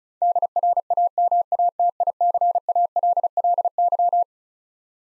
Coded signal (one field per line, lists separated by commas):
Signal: Morse code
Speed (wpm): 36 wpm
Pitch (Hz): 700 Hz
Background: none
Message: DRAMATICALLY